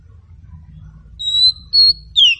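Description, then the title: Magpie-robin whistles: three clear notes, the last dropping in pitch, over a low steady hum. Local name kacer; meant to prompt a bird to sing in reply. "Nyaut Kacer"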